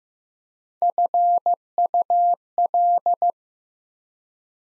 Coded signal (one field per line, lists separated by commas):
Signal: Morse code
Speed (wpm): 15 wpm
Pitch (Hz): 700 Hz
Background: none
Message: FUL